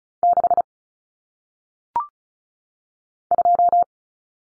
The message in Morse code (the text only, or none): 6 2